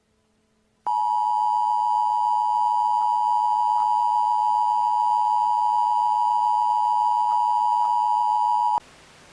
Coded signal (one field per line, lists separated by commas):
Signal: Emergency Alert System (SAME) tones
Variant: 853 and 960 Hz attention tone